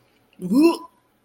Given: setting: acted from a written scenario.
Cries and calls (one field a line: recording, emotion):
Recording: vocal sound without words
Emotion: disgust